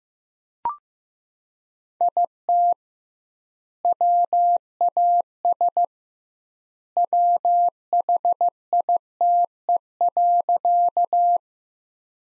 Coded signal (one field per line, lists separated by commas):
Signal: Morse code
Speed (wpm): 15 wpm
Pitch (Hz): 700 Hz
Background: none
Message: IT WAS WHITE.